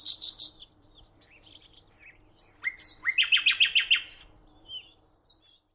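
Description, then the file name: Common nightingale singing varied phrases: high buzzy notes, then a rapid series of loud repeated whistled notes, followed by further short chirps. "Luscinia megarhynchos"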